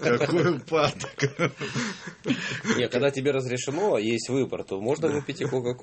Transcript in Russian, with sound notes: Какой упадок! (все смеются)
Не, когда тебе разрешено и есть выбор, то можно выпить и Кока-Колу.